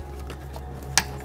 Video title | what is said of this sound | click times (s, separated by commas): How to install FRONT BRAKE PADS on an F30, F32, F22, F80 with BREMBO front Calipers (EBC REDSTUFF) | just snaps into place just | 1.0 s